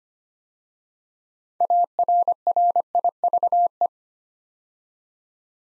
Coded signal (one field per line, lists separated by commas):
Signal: Morse code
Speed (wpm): 25 wpm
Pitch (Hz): 700 Hz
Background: none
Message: ARRIVE